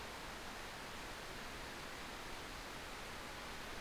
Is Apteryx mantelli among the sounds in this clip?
no